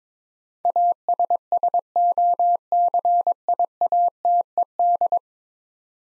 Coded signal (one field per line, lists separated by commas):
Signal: Morse code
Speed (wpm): 21 wpm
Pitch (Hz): 700 Hz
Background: none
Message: ASSOCIATED